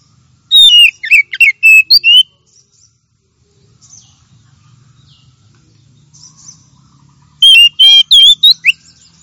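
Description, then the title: Oriental magpie-robin singing two rapid bursts of sweet, slurred whistles and chirps, separated by a pause with faint soft notes in between. Champion bird; song. "Kicau Burung Kacer Juara"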